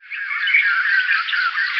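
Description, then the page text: White-crested Laughingthrush calls in a brief, dense burst of harsh, overlapping chattering notes with no pauses. "White-Crested Laughingthrush Call. Quick Sounds"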